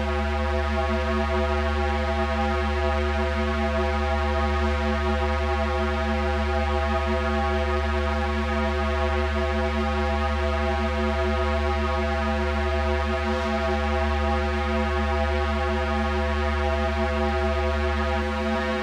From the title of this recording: drone